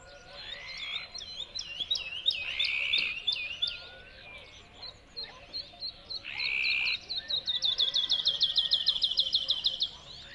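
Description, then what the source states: Bird song of varied twittering phrases with buzzy notes, building into a long, fast, evenly repeated trill near the end. Song delivered from a tree in the Spanish dehesas.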